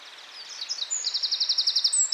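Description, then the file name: Eurasian wren song: a loud, very fast trill of many high, sharp notes, introduced by a few quick twittered notes. "Troglodytes troglodytes"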